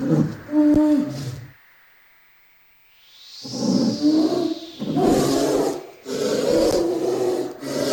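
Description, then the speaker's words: Polar bear vocalizing with harsh, rasping growls in several bursts, separated by a gap where a smooth sweeping whoosh is heard. Adult polar bear, sound described as quite creepy. "So hört sich ein ausgewachsener Eisbär an. Ganz schön gruselig."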